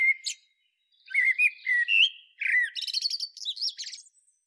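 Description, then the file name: Common blackbird giving a short note, then a continuous phrase of rich, rising and falling fluted whistles that breaks into a rapid, high, scratchy twittering finish. "Turdus merula"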